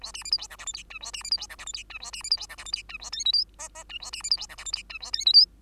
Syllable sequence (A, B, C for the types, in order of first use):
A B C D E F G H I J A B C D E F G H I J A B C D E F G H I J A K L M N N J A B C D E F G H I J A K L M